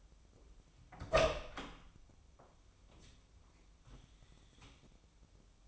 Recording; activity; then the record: daily activity, microphone in the room; open door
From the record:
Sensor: 1